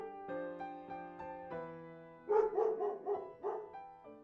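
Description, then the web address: Dog giving about five rapid barks in the second half, after a stretch of steady layered tones that continue beneath. Recorded inside a dog boarding house. "sound dog-boarding-house. صدای-فضای-داخلی-پانسیون-سگها"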